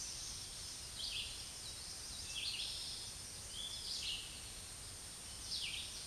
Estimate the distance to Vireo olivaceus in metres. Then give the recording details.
about 15 m. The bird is about 10 m above the microphone. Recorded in a Pennsylvania forest on 16 May 2024 at 07:48. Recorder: AudioMoth, point MSD-2083. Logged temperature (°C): 16.7 °C. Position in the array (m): 150 m, 29 m